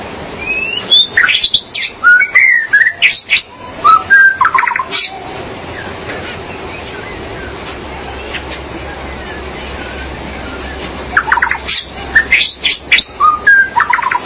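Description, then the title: Magpie-robin or shama song with rapid sequences of clear whistles and sharp trills early on, a quieter stretch of hiss, then a renewed burst of loud varied notes. "Suara Burung Murai"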